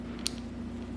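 A wire terminal is slid into a multi-pin connector housing and clicks into place at 0.3 s, giving a sharp, bright tick with a fainter follow-up tick just after. The terminal then gets a tug to check it is secure, and it is seated. A steady low hum sits underneath throughout.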